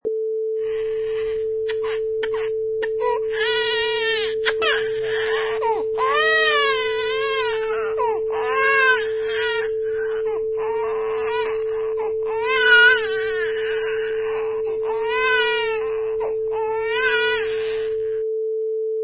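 A baby cries in repeated wailing bursts, heard over a steady continuous tone.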